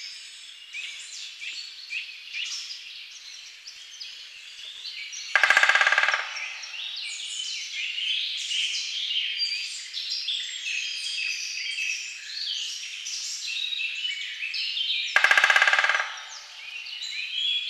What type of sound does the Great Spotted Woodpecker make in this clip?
drumming